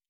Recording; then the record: hydrophone in a shrimp aquaculture tank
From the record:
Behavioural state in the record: normal